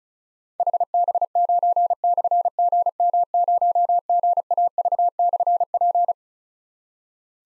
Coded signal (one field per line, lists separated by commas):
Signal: Morse code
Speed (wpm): 36 wpm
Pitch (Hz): 700 Hz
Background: none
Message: HB9/GM0GAV/P